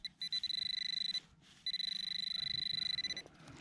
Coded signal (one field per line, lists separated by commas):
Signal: none